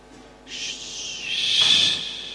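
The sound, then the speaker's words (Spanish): A bird gives a single harsh, hissing high-pitched call lasting about two seconds, swelling louder toward the end with a brief thin whistle-like tone, heard alone without talking. “Bueno, pero ahí lo escuchamos. Hace así. Creo que ahí hay uno.”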